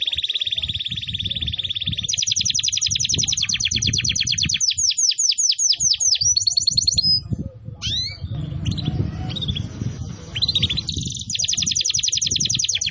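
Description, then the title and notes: Canary song with steady high trills, quick descending slurred notes and varied chattering phrases, over a low rumble that drops out at times. Long, intensely active canary song used as a tutor recording for training and for luring wild canaries. "Pikat Kenari GACOR PANJANG INI Cocok Untuk Masteran KENARI LIAR. Masteran burung kenari gacor parah"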